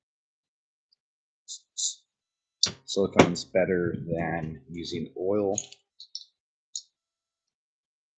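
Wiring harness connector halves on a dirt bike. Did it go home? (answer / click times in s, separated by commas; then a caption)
yes / 6.1 s, 6.8 s. During a WR250F dirt bike's wiring harness cleanup, silicone is put on the seal of a plastic connector and the connector halves are pushed together while someone talks. Sharp clicks at 6.2 s and 6.8 s mark the connector snapping into place, seated.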